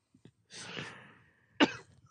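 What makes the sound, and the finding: Adult man. Cough.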